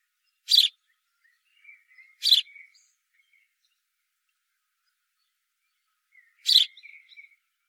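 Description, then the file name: House sparrow uttering three loud, clipped chirps with a long gap before the last, faint twitters trailing after each. "Passer domesticus"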